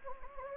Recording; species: mosquito wingbeat signal from an infrared sensor; Anopheles gambiae